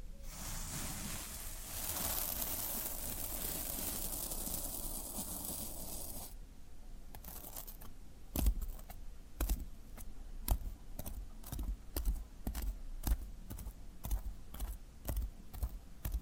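Floral foam hisses and crumbles steadily for six seconds, then sharp crisp crunches and taps repeat roughly every half second over quieter rustling.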